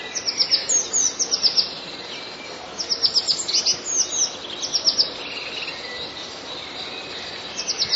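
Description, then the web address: Eurasian blue tit singing in several separate bursts of rapid, high, sharply falling notes, with quiet gaps between them and soft background hiss. "wroblowe teka spiew. modraszkoteka"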